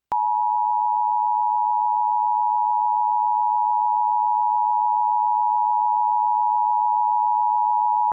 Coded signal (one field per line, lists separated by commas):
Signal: Emergency Alert System (SAME) tones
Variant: 853 and 960 Hz attention tone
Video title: EAS #1074-1076: 3 EAS Required Monthly Tests- Apr. 12, 2025- 8:00AM PDT